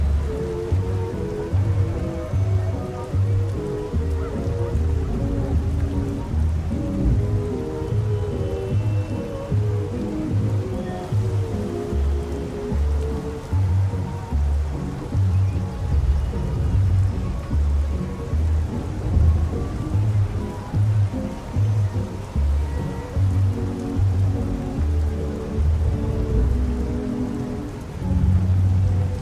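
Oldies music plays in another room, muffled, with a steady bass line thumping in a regular beat and melody notes shifting above it. A constant hiss like rain or passing traffic from an open window runs underneath throughout, and the level stays even.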